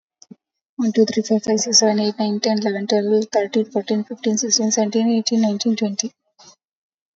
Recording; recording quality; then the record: counting at a fast pace; excellent, no background noise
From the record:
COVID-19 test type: RT-PCR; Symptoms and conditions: cough, cold, fever, loss of smell and taste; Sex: female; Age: 51 years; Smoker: no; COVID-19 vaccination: both doses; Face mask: worn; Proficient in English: yes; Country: India